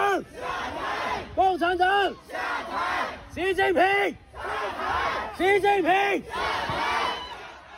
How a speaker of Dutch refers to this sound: De menigte roept hier weg met de communistische partij. Weg met Xi Jinping.